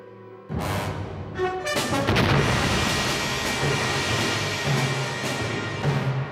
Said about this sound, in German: Was war das? Eine Explosion? Ein Meteorit. Ein... Meteorit.